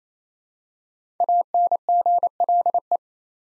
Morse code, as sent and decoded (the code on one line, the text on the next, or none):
.- -. --. .-.. .
ANGLE